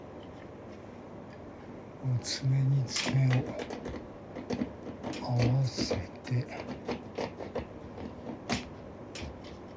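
A plastic LED ceiling-light adapter is lined up and twisted clockwise toward the ceiling hook receptacle, with light handling clatter and scraping while someone talks. Nothing has seated or clicked yet; the clip ends just before the adapter goes home.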